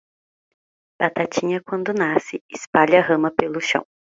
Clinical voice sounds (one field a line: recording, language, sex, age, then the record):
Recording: short text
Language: Brazilian Portuguese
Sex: female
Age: 20 to 29 years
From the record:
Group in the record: control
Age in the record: 23 years